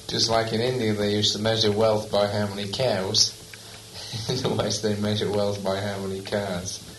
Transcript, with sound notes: Just like in India they used to measure wealth by how many cows, [laughs] in the West they measure wealth by how many cars.